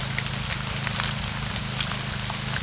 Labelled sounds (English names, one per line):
none